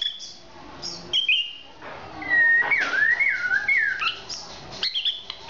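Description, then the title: Oriental magpie-robin singing: short high whistles, then a loud wavy whistled phrase that dips and rises, ending with brief sharp chirps. "kacer"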